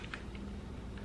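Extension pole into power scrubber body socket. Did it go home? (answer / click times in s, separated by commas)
no / none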